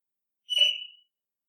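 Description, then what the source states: Bird call: one brief clear whistle that starts loud and tails off quickly, no other sounds around it. Recorded at night, 13 July 2015, around 02:17.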